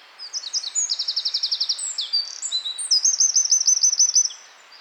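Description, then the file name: Eurasian wren delivering a single fast, ringing song of high trills and quick twittering runs, changing tempo midway, then falling silent. "Troglodytes troglodytes"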